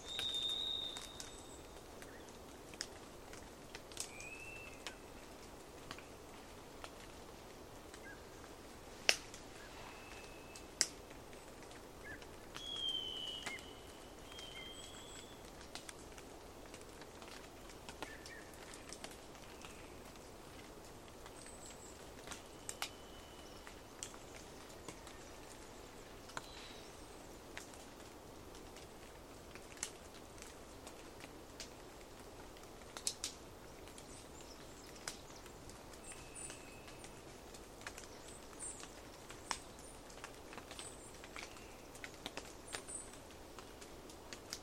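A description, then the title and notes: Dawn in the Queets River Valley rainforest, with a soft steady hush underneath. Scattered short bird chirps come every few seconds, and sharp clicks and snaps, like twigs breaking underfoot, break in irregularly, strongest near 9 and 23 seconds. A long soundscape across Dawn in the Queets River Valley rainforest of the Olympic National Park. A small herd of Roosevelt Elk walks in from a distance, though a small forest glade, an away towards the Queets River bed.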